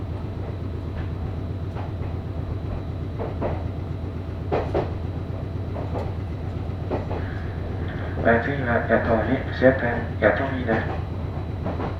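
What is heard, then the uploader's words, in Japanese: Inside a Meitetsu Bissai Line train, a steady low rumble of the running carriage fills the whole recording, with faint clicks and knocks from the rails every second or two. From about eight seconds, voices speak over the rumble until the end. 名鉄尾西線 玉ノ井→名鉄一宮→津島→弥富。名前の通り尾張の西側を走るのでほぼ単線区間ですが、乗車率はそこそこあります。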